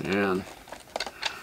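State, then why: Seated. Someone talks briefly, then a .22 rifle magazine is slid into the adapter of a McFadden Lightnin' Grip 22 LR speed loader and pushed lightly rather than forced. It snaps into place with a sharp click at 1.0 s, followed by smaller clicks just after and at about 1.3 s.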